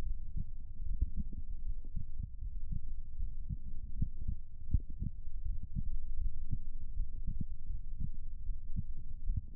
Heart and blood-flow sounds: heart sounds by stethoscope; pulmonary valve (PV); 80 bpm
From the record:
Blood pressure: 128/78 mmHg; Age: 39 years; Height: 171 cm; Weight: 70 kg

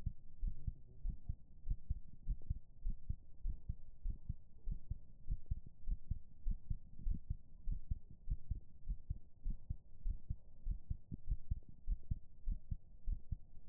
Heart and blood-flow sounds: heart sounds by stethoscope; pulmonary valve (PV); 96 bpm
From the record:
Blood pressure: 114/79 mmHg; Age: 41 years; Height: 174 cm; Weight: 68 kg

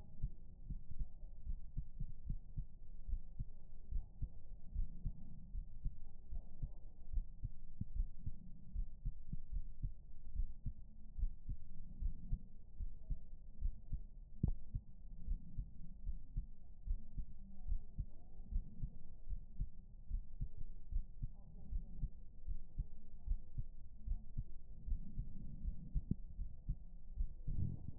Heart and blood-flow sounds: heart sounds by stethoscope; pulmonary valve (PV); 72 bpm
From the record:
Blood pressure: 113/82 mmHg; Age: 40 years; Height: 160 cm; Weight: 75 kg

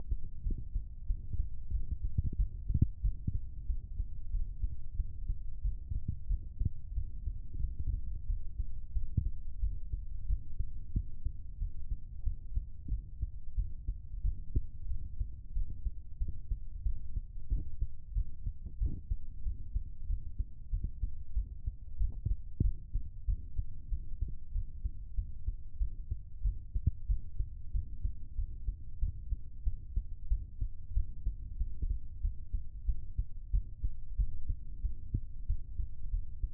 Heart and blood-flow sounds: heart sounds by stethoscope; pulmonary valve (PV); 93 bpm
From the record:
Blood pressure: 102/57 mmHg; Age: 28 years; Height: 153 cm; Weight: 50 kg

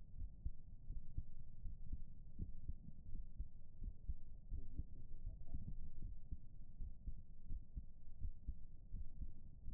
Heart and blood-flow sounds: heart sounds by stethoscope; pulmonary valve (PV); 80 bpm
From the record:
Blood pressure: 125/74 mmHg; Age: 36 years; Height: 175 cm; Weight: 72 kg

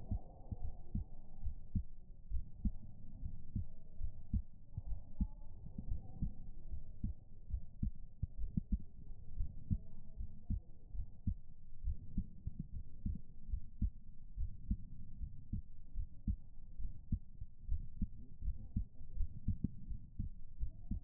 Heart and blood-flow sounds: heart sounds by stethoscope; pulmonary valve (PV); 71 bpm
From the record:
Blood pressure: 124/77 mmHg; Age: 22 years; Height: 157 cm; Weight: 87 kg

